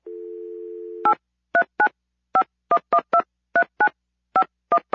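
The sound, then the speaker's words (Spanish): A steady dial tone hums for about a second, then about a dozen short, bright telephone keypad beeps follow in uneven clusters as a technical support number is punched in. No one speaks. “Voy a hablar a su soporte técnico, por suerte tiene teléfono. A ver, voy a marcar.”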